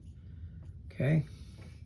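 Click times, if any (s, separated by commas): none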